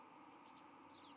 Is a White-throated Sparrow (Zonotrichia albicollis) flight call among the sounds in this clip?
no